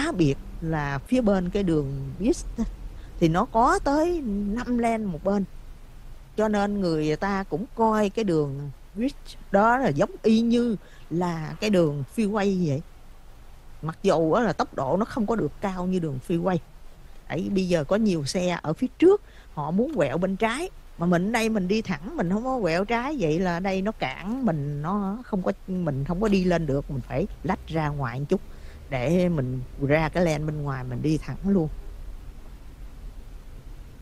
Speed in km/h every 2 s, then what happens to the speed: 34, 27, 16, 6, 0, 0, 0, 0, 0, 3, 5, 5, 6, 13, 23, 31, 27.
1-8 brakes to 0. 8-17 standing. 17-30 pulls away to 31.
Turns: none.